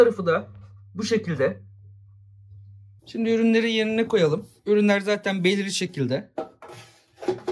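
Someone talks while handling the inner basket insert of a Philips Airfryer 7000 XXL Series air fryer during unboxing, putting it back into the air fryer basket. A brief sharp sound is heard at about 6.6 s, but nothing has seated or clicked yet when the clip ends.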